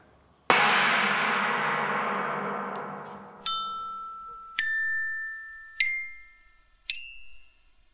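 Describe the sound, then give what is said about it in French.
A single loud gong strike, marking the start of a radio broadcast, blooms and fades slowly over about three seconds, then four bright, bell-like chime tones ring out one after another, each decaying quickly. “Vous allez entendre un coup de gong et ce sera le démarrage.”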